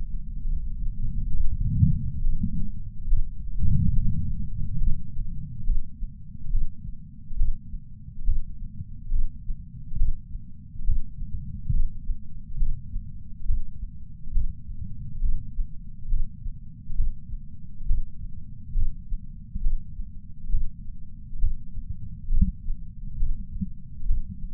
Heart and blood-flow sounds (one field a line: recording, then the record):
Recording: heart sounds by patch sensor on the chest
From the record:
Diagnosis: coronary artery disease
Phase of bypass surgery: preoperative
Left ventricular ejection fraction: 58.9%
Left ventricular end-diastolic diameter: 51 mm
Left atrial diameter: 51 mm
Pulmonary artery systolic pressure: 40 mmHg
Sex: male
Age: 73 years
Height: 170 cm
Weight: 85 kg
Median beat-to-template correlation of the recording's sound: 0.81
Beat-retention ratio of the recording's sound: 0.95